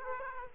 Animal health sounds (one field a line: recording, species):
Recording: mosquito wingbeat signal from an infrared sensor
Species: Aedes aegypti